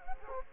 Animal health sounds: mosquito wingbeat signal from an infrared sensor; Culex quinquefasciatus

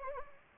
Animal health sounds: mosquito wingbeat signal from an infrared sensor; Anopheles gambiae

